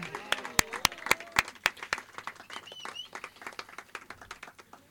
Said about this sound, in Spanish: Han aplaudido, así que sí.